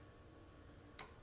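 A torque wrench tightens a clutch fastener on a vintage Can-Am 250 motorcycle during clutch installation. Against a steady low background, a single sharp click is heard at 1.0 s as the wrench reaches its setting, and the fastener is confirmed torqued.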